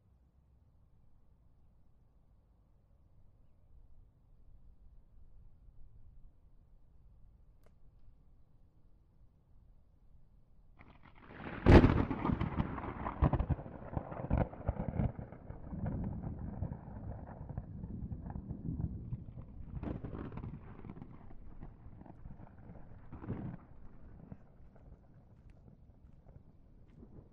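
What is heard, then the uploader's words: A storm opens with a quiet, low rumble of thunder for about ten seconds. Near the twelfth second a sharp crack breaks into loud, rolling thunder that keeps grumbling and swelling through the rest, with another burst around twenty-three seconds. Heavy Rain and Thunder. Light to Heavy rainstorm with grumbling thunder. All Raw and mixed audio recorded on: Focusrite Scarlett CM25, Focusrite Scarlett 2i2 Audio interface.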